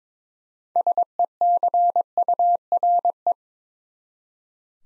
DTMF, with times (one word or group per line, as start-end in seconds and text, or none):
none